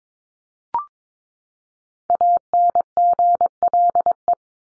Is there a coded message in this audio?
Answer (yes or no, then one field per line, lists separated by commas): yes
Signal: Morse code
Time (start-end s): 2.1-4.3 s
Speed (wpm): 22 wpm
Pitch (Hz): 700 Hz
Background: none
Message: ANGLE